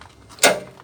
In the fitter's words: pull the blue handle to release them from the door frame and